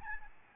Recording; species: mosquito wingbeat signal from an infrared sensor; Aedes albopictus